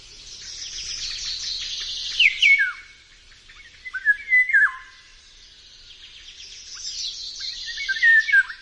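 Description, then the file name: Eurasian golden oriole song: three short fluted, yodelling whistled phrases, falling and wavering, over a dense chorus of high chirping birds. "Wilga"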